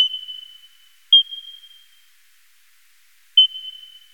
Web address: eastern coastal free tailed bat